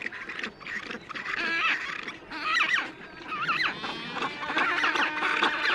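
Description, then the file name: Black-browed albatross calling: raucous, wavering brays and rising-falling squeals from several birds overlap in a steady, noisy chorus. "Canto do albatroz de sobrancelha"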